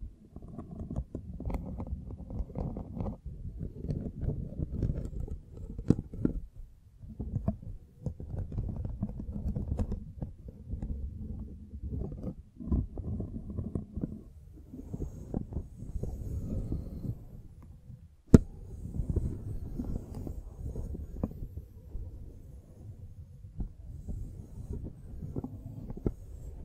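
Brushing and scratching against a microphone, a dense, low, rumbling rub that rises and falls in uneven strokes for the whole stretch. Brief pauses break it near 6, 12 and 18 seconds, and a sharp click lands right at 18 seconds.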